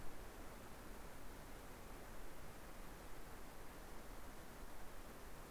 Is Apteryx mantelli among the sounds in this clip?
no